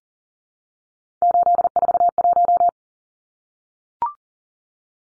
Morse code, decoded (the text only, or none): 841